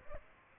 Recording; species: mosquito wingbeat signal from an infrared sensor; Aedes aegypti